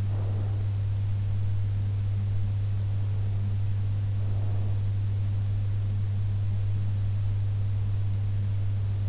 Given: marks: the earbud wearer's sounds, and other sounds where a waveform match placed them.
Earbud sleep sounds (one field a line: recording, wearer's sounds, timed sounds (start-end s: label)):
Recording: sounds in sleep by an in-ear microphone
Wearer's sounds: breath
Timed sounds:
0.00-0.89 s: breath
4.05-5.03 s: breath